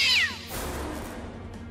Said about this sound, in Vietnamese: Vừa mở cửa thì từ bên trong xe khẽ vang lên một tiếng mèo kêu.